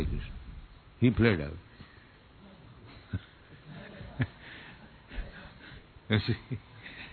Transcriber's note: laughs